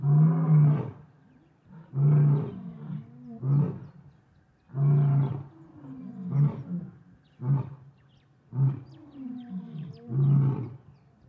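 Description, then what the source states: Lion roaring in a series of deep, grunting bursts spaced about one to two seconds apart. Lions in savannah.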